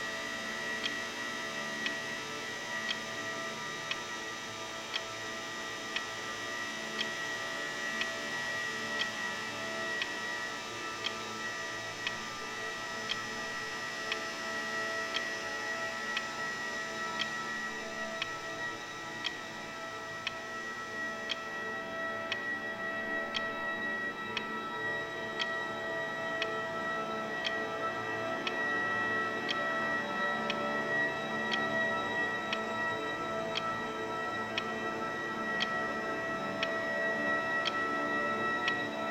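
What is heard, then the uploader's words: A room tone built from a steady, dense hum with a few thin, sustained tones running through it. A clock-like tick sounds about once per second throughout. After roughly twenty seconds the top end dulls slightly and the low murmur grows fuller. The piece "Room" combines room tones sampled from several films, sfx libraries, with field recordings of other rooms and spaces. These sound sources are processed to highlight the various inherent or imagined states of dramatic narrative possible with their acoustic properties.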